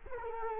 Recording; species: mosquito wingbeat signal from an infrared sensor; Culex quinquefasciatus